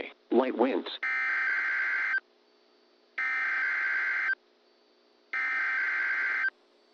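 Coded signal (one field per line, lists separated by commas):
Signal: Emergency Alert System (SAME) tones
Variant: header bursts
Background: speech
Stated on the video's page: NWS required weekly test received on KIH34 via Uniden BC125AT, WWF62 via Raddy RF75a with SAGE EAS ENDEC 1822, KWO37 via Kenwood TH-D74a direct audio.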